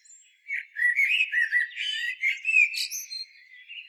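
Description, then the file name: Common blackbird song, a run of mellow warbled notes with squeaky high twitters near the end, continuing almost without pause. "Turdus merula"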